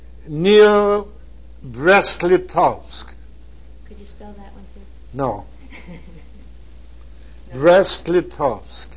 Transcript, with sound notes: Near Brestlitovsk.
Could you spell that one, please?
No. (laughs) Brestlitovsk.